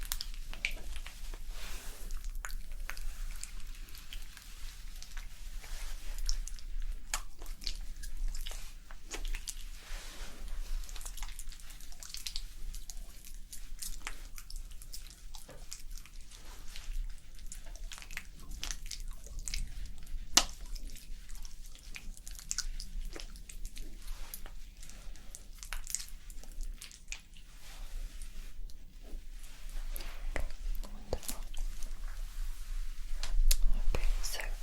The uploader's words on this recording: ASMR Scalp Treatment + Hair Wash Roleplay Massage, Layered Sounds & Hair Brushing for Sleep.